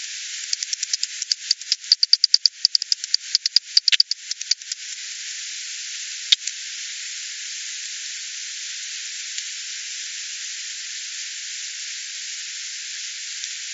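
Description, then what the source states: Bat calls heard as rapid dry clicks in an irregular burst for about five seconds, then a lone click over a steady hiss that fills the rest. Recorded 28 September 2020.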